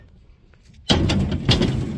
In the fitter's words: locks into place